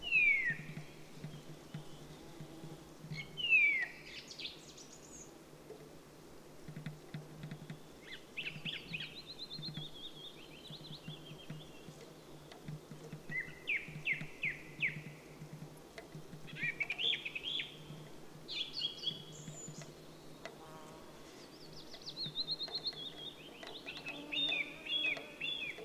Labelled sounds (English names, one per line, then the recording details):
Song Thrush song
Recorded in the wild
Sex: male
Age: adult
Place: Halbinsel Kindo, Karelien, RU
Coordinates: 66.55, 33.1
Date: 1998-06-21 21:06
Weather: clear, 12°C, weak easterly winds
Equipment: Aiwa HD-S1, Telinga Pro 5
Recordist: Frommolt, Karl-Heinz